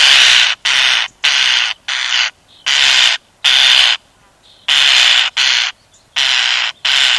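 European starling loud harsh rasping calls, a rapid run of grating bursts, some paired close together, with only brief quiet gaps between them.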